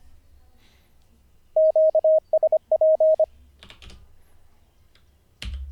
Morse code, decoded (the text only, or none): QSP